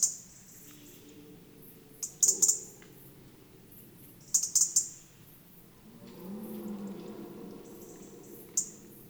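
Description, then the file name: European robin calls: brief, very high clicking ticks, some in groups of three or four, a few seconds apart, with a soft low hum behind them. "Erithacus rubecula"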